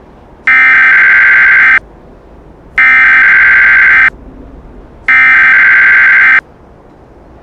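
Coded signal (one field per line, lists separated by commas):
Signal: Emergency Alert System (SAME) tones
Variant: header bursts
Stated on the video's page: Fictional EAS scenario, simulated.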